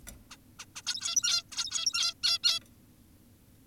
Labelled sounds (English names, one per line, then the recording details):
Zebra Finch
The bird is an adult
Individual g17y2U